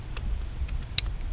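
A plastic electrical connector is pushed back onto the ignition wiring of a Suzuki 70 hp four-stroke outboard engine after routine maintenance during winterizing. Against a low steady rumble, two faint ticks at about 0.2 and 0.7 seconds lead up to one sharp, bright snap at 1.0 seconds. The connector latches and is fully seated.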